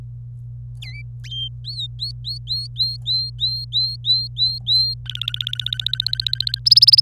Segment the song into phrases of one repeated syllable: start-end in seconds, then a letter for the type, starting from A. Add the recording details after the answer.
0.81-1.02 A, 1.64-4.94 B, 5.06-6.59 C, 6.66-7.00 D. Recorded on 25 April 2018 at 17:49. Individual llb3